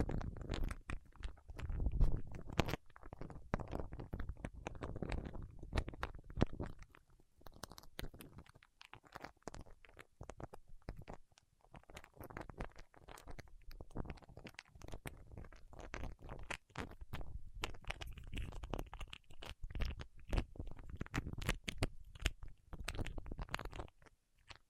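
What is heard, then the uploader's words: Fingertips press and peel against wax, making a dense run of sticky clicks, pops and soft crackles at an irregular, quick pace. The first several seconds are fuller and lower, with a thick muffled rumble under the clicks; afterward the touches come lighter and sparser. ASMR with Wax Fingertips for Sleep (No Talking).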